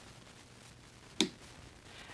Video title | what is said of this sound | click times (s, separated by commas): Borka Torque Driver Product Overview | the tool breaks over when you hear it click and you feel that snap you | 1.2 s